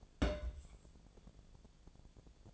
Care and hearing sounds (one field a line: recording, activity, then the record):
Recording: daily activity, microphone in the room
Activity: place on stove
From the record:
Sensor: 5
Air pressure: 1000.0 hPa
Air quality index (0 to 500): 96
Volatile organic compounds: 1 ppm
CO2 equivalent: 782 ppm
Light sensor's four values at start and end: 341/793/348/390 and 341/793/348/390